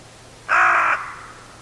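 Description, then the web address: Bird giving a single harsh, nasal call lasting about half a second, with a faint low hum beneath. "Deverinetal 2025 File origin Bird Only"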